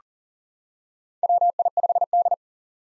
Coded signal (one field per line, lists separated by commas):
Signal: Morse code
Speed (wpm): 40 wpm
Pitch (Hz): 700 Hz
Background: none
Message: WI5D